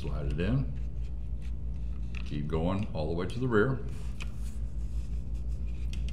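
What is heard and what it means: Someone talks while the metal slide of a Glock pistol is slid rearward along the frame rails and grooves, kept going all the way to the rear before the final push. A few short, faint scrapes and ticks are heard near the end, but the slide has not yet clicked home or locked onto the frame.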